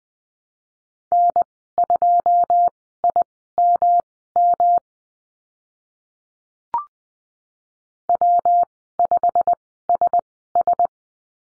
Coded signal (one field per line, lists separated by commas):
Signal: Morse code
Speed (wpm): 20 wpm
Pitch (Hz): 700 Hz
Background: none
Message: N2IMM W5SS